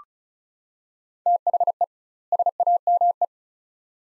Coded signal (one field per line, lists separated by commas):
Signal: Morse code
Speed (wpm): 36 wpm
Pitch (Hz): 700 Hz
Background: none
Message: THE SAME